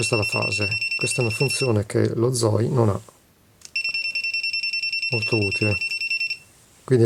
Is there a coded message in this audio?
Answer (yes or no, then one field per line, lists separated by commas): no